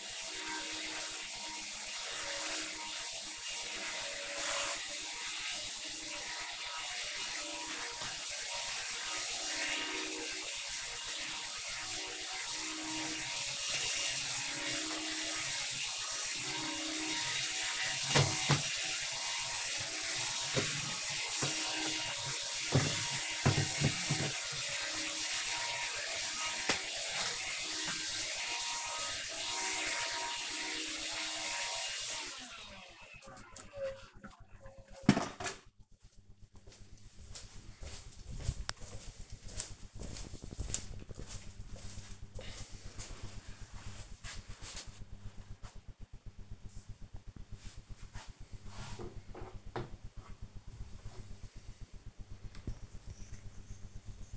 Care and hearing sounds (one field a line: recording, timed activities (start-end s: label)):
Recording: household activities, microphone on the right wrist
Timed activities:
0.00-32.55 s: vacuum cleaning
51.67-54.37 s: cream hands